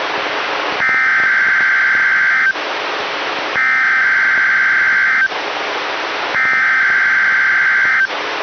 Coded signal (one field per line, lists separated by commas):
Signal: Emergency Alert System (SAME) tones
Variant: header bursts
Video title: EAS #83-84: 2 NWR Required Weekly Tests- Oct. 28, 2015